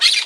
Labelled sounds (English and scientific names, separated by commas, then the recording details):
Brown-throated Parakeet (Eupsittula pertinax) contact call
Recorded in Margarita